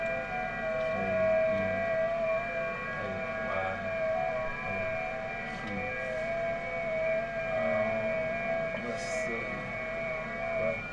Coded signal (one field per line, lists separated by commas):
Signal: FT8